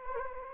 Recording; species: mosquito wingbeat signal from an infrared sensor; Anopheles gambiae